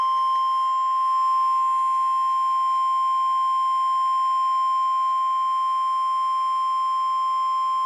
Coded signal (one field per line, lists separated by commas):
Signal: Emergency Alert System (SAME) tones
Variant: 1050 Hz attention tone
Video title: KEC83 Required weekly test EAS #1